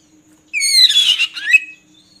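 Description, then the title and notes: Oriental magpie-robin song phrase: a rising whistle running into a burst of harsh, jumbled chattering notes, then a final rising whistle. Long-duration filler (isian) song recording for training magpie-robins to sing actively (gacor) day and night. "Kacer Jadi Gacor Siang Malam. Isian Kacer Durasi Panjang"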